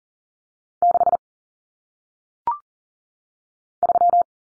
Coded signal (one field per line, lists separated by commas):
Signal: Morse code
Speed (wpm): 40 wpm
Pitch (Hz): 700 Hz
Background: none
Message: 6 3